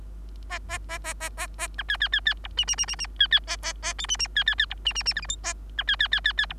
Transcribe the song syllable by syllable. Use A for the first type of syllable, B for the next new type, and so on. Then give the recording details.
A A A A A A A B C C C C D E E E E E C C A A A F E E C C C D E E E G H I A B C C C C C D. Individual Bird3